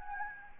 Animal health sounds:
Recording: mosquito wingbeat signal from an infrared sensor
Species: Anopheles gambiae

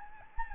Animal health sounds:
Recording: mosquito wingbeat signal from an infrared sensor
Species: Anopheles gambiae

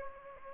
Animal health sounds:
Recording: mosquito wingbeat signal from an infrared sensor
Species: Aedes aegypti

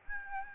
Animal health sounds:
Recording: mosquito wingbeat signal from an infrared sensor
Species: Aedes albopictus

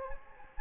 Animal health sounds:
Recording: mosquito wingbeat signal from an infrared sensor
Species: Anopheles gambiae

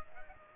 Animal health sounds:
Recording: mosquito wingbeat signal from an infrared sensor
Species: Aedes aegypti

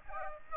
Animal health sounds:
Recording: mosquito wingbeat signal from an infrared sensor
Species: Aedes aegypti

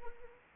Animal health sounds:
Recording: mosquito wingbeat signal from an infrared sensor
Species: Anopheles arabiensis

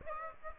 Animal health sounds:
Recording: mosquito wingbeat signal from an infrared sensor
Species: Aedes aegypti

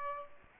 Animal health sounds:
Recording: mosquito wingbeat signal from an infrared sensor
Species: Aedes aegypti

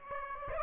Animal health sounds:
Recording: mosquito wingbeat signal from an infrared sensor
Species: Aedes aegypti

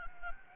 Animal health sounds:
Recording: mosquito wingbeat signal from an infrared sensor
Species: Anopheles gambiae

